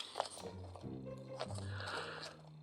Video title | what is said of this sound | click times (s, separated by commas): TransCraft BEETTLE (Bumblebee movie Bumblebee): EmGo's Transformers Reviews N' Stuff | and that will just snap into place right there | 0.2 s